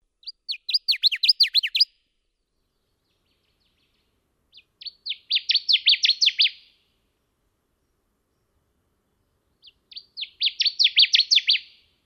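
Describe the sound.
Bird calling in three rapid bursts of sharp chirping notes, each about two seconds long, with silence between.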